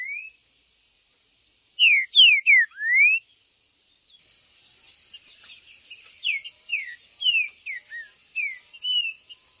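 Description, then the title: Green-winged saltator song: a burst of four strong whistled notes, falling then rising, followed by a run of quieter short whistles and chirps, steady high hiss behind. Chirping, singing and territorial calling in a contest. "TRINCA Piando, Cantando E Macheando Na DISPUTA"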